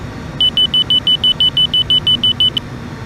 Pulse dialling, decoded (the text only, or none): none